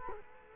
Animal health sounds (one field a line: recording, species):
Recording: mosquito wingbeat signal from an infrared sensor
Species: Culex quinquefasciatus